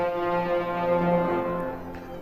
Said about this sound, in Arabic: الباب زيق واتفتح لوحده.